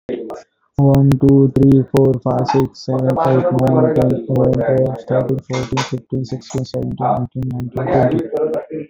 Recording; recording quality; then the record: counting at a normal pace; excellent, no background noise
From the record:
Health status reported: exposed to COVID-19, no respiratory illness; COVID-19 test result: not tested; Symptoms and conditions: none ticked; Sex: male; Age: 32 years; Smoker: not ticked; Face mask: not worn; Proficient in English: yes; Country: India